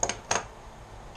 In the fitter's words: This pops right in there,